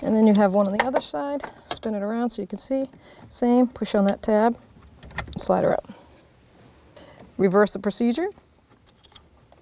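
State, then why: Not seated. Someone talks while handling the plastic wiring connectors of a combination switch on the steering column of a 1984-2001 Jeep Cherokee, pushing the tab and sliding a connector off its harness plug. A few faint, brief ticks sound near the end as the connectors are brought back to their mating plugs, but nothing has seated or clicked in yet.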